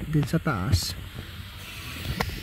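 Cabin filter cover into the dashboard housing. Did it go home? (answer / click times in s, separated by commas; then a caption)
yes / 2.2 s. On a 2022–2024 Nissan Almera, the plastic cabin filter access cover is pressed back into the dashboard housing behind the glovebox, first at the bottom and then at the top. Someone talks early on, then a sharp click at 2.2 s marks the clip seating. The cover is confirmed locked in place.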